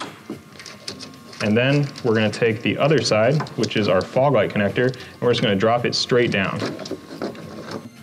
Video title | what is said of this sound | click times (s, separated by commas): How to Install Always-On™ Module for Infiniti Q50/Q70 by Diode Dynamics | and it'll just feel for that and plug it directly uh into that headlight socket listen for that click | 0.9 s